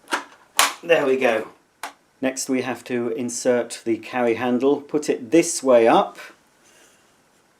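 An upright handle is pushed firmly down into the top of a Bissell ProHeat 2X Revolution carpet washer body and seats with a sharp, loud click at 0.6 s. Someone talks right after, and the handle is locked in place.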